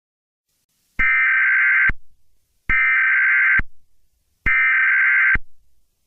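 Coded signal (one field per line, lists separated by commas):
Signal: Emergency Alert System (SAME) tones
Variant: header bursts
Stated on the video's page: Fictional EAS scenario.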